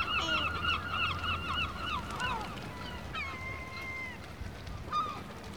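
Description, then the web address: Gulls calling in quick, harsh bursts of repeated notes, then a longer drawn-out wail. Seagulls calling in a harbour atmosphere. "BBC Sound Effects Library. Seagulls Harbor Atmosphere"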